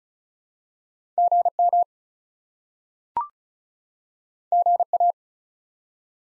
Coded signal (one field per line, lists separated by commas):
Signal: Morse code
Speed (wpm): 36 wpm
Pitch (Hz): 700 Hz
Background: none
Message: GM GA